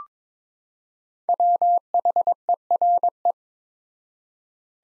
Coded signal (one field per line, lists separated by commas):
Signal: Morse code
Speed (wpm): 22 wpm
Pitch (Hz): 700 Hz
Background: none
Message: WHERE